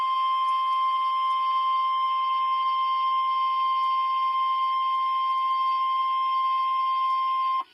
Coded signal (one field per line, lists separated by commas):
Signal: Emergency Alert System (SAME) tones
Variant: 1050 Hz attention tone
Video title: 2 Tornado Watches (EAS# 27-28)